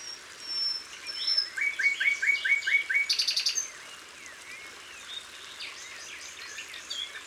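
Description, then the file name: Common Nightingale song: a quick run of repeated sharp falling notes, then a loud buzzy rattle and softer scattered twittering phrases. Recorded in Isère, France. "Rossignol-philomele-Concerts-naturels-de-l Isere-Studio-Les-Trois-Becs"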